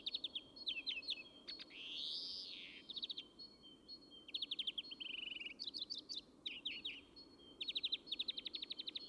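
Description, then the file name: European greenfinch song mixing fast twittered trills with a drawn-out wheezy rising-falling buzz early on and a flat buzzy note midway, trills resuming to the end. "Chloris chloris"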